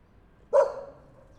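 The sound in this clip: Dog giving one loud, abrupt bark that fades quickly into quiet background.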